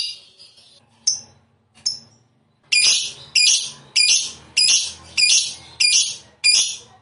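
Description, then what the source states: Lovebird song: a few thin chirps, then loud, grating, buzzy screeches repeated in a steady, insistent rhythm. Lovebird described as a 'fighter' type that is 'gacor', singing prolifically and continuously.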